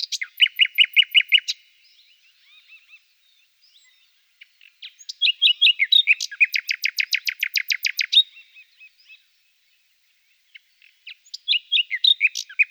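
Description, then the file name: Common nightingale song: loud rapid trills and repeated phrases broken by pauses, with quieter softer notes between the bursts. "Fülemülék"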